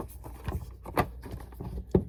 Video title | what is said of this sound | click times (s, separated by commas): ResPlus+ CPAP | Give it a push down. Locks in place. | 2.0 s